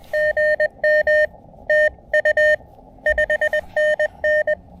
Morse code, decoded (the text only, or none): GM TU 5NN